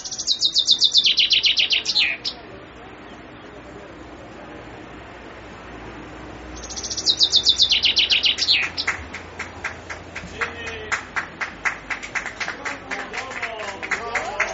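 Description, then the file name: Common chaffinch song: two bright descending trills several seconds apart, followed by a long run of sharp repeated clicks. "fringuello"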